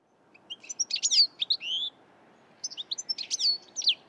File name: Carduelis carduelis